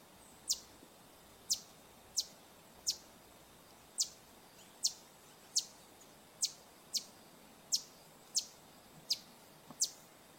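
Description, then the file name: Green honeycreeper uttering a series of high, sharp, falling notes, about a dozen, at slightly uneven intervals, over quiet background hiss. "Canto do sai verde"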